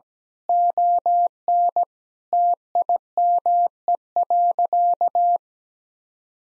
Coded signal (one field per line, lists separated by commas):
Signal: Morse code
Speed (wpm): 17 wpm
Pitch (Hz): 700 Hz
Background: none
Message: ON TIME.